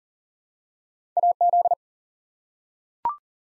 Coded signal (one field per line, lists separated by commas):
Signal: Morse code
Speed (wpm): 40 wpm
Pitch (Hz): 700 Hz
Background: none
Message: AZ